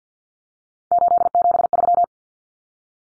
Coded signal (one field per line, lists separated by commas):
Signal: Morse code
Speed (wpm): 50 wpm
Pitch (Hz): 700 Hz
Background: none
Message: 873